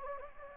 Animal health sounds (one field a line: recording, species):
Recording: mosquito wingbeat signal from an infrared sensor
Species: Anopheles gambiae